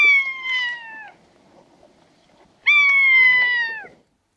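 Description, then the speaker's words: Rough-legged buzzard mewing: two clear, drawn-out descending mews, each held over a second, separated by a pause. Mew cleaner in voice than the common buzzard, wilder and more plaintive, sometimes held longer. "Medan fjällvråken i alla fall ibland vilar lite längre på jamet."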